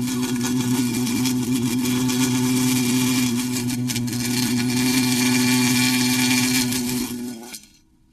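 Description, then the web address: Bee buzzing in a steady low drone with a strong even hum throughout, fading out at the end. "пчела"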